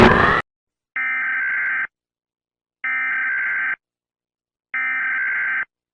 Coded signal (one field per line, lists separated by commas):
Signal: Emergency Alert System (SAME) tones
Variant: header bursts